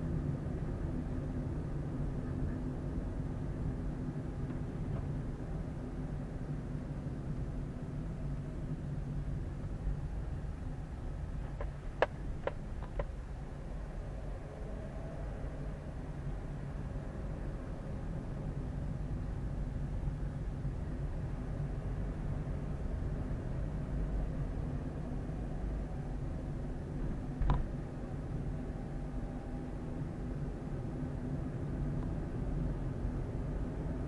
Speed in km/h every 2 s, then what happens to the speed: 24, 25, 24, 20, 15, 11, 10, 13, 14, 16, 16, 20, 22, 23, 24, 25, 26.
4-9 slows to 11. 13-34 speeds up to 26.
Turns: none.